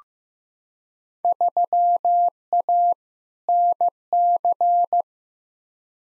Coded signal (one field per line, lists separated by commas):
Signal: Morse code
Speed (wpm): 15 wpm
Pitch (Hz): 700 Hz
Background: none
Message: 3A NC